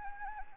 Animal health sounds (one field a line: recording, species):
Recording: mosquito wingbeat signal from an infrared sensor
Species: Anopheles arabiensis